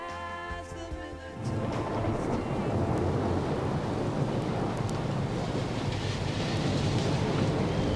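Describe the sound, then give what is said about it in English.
After a brief tonal snippet at the start, a deep, continuous rumble of thunder rolls in and holds steady, loud and low, with a faint windy hiss over it and no voices. “Thunder somewhere, like drummers striking the sky.”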